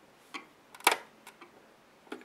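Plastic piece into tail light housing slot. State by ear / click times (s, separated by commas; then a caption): seated / 0.9 s. A plastic piece of a Lexus RX 330/350 rear brake light LED panel tail-light assembly (part 81553-0E010, 81563-0E010, 81553-48060, 81563-48060) is pushed down into its slot in the tail-light housing. After a few faint plastic ticks, a sharp, bright click lands at 0.9 s, followed by softer taps and rustles. The piece is seated and secure.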